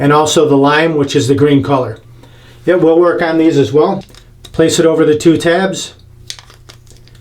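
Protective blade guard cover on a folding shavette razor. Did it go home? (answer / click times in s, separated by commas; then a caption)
yes / 6.3 s. Someone talks while a protective plastic blade guard is placed over the two tabs of a Feather Artist Club folding shavette razor. The guard's cover is then folded over and snaps into place with a sharp click at 6.3 s, followed by a few fainter ticks. The guard is seated and locks the razor.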